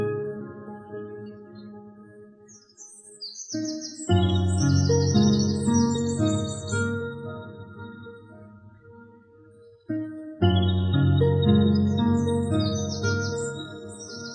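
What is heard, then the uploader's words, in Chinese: Piano plays over a morning of birdsong, with full low chords struck around four and again near ten and a half seconds, each ringing out and slowly fading. Bright, quick bird chirps flutter high above the notes throughout. 钢琴与鸟鸣声大自然的早晨。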